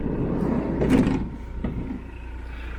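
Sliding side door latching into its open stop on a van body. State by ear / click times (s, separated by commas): seated / 1.6 s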